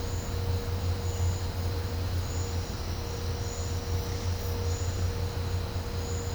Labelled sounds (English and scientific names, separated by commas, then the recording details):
none
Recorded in pastures near Puerto Asís, Putumayo, Colombia, on 21 December 2024 at 12:00
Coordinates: 0.502, -76.324
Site G077